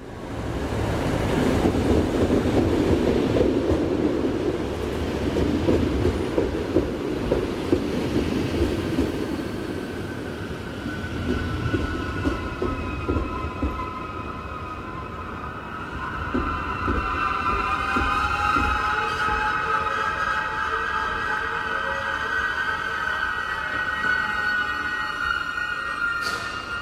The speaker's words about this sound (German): Köln Hauptbahnhof. Auf Gleis 7a ist eingefahren der Schnellzug 203 Schweiz Express von Amsterdam nach Basel mit Kurswagen nach Brig, Chur und Chiasso.